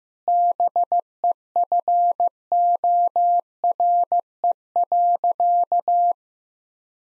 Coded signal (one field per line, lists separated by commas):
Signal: Morse code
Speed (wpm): 15 wpm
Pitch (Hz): 700 Hz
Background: none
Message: BEFORE.